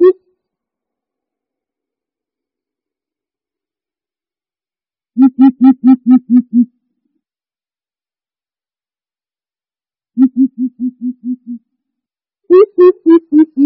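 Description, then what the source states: Greater coucal giving deep, hollow hoots in quick series of several notes, with several seconds of silence between bursts; the final series starts slightly higher. Calling in the forest.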